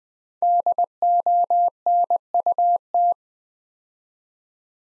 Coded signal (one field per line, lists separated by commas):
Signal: Morse code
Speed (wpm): 20 wpm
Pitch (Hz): 700 Hz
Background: none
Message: DONUT